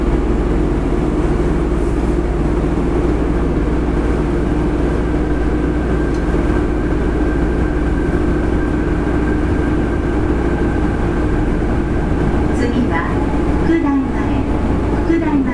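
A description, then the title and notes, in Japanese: A Fukuoka city subway 3000 series train runs with a steady heavy rumble and constant motor hum, its tones shifting and whining near the end. 福岡市営地下鉄 3000系 七隈線 橋本から天神南まで。福岡市交通局 3000系電車の走行音です。七隈線で収録しました。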